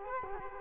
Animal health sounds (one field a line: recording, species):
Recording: mosquito wingbeat signal from an infrared sensor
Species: Culex quinquefasciatus